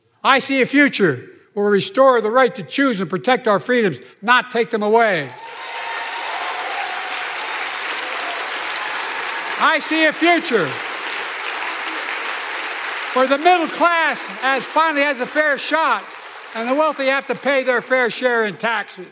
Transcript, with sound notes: I see a future where we restore the right to choose and protect our freedoms, not take them away. (APPLAUSE) I see a future for the middle class finally has a fair shot and the wealthy have to pay their fair share in taxes.